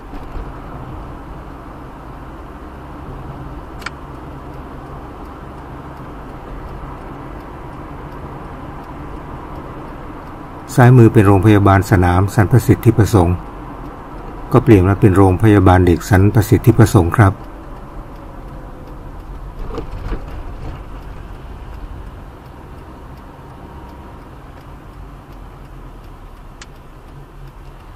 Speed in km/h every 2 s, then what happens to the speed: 44, 44, 47, 49, 52, 52, 52, 52, 47, 33, 27, 29, 29, 23.
0-8 speeds up to 52. 8-14 steady at about 52. 14-19 brakes to 27. 19-24 steady at about 29. 24-28 slows to 23.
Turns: none.